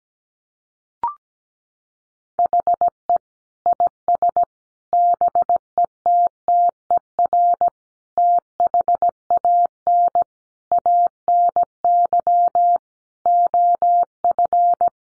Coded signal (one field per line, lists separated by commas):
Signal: Morse code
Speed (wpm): 17 wpm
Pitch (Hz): 700 Hz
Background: none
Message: HE IS BETTER THAN ANY OF